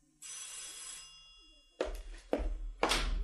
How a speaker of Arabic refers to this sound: في يوم لقيت الجرس بيضرب.